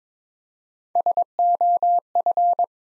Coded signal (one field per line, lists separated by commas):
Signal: Morse code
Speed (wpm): 22 wpm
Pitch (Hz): 700 Hz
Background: none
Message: SOF